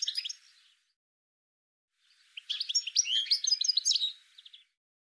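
Bird calls: a short burst of high chirps, a pause, then a dense, quick series of sharp, high twittering notes that trail off into a few soft chirps.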